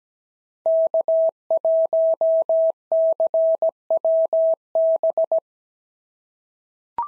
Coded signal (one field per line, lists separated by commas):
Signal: Morse code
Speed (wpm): 17 wpm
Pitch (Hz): 650 Hz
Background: none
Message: K1CWB